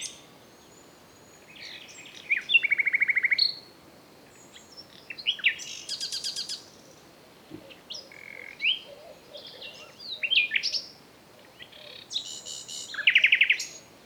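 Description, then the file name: Common nightingale song in short separate phrases: a fast chattering trill, then buzzy rising notes and churring bursts, with brief pauses between each phrase. "Luscinia megarhynchos"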